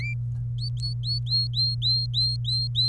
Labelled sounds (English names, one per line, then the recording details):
Domestic Canary song
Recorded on 26 April 2018 at 14:01
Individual llb3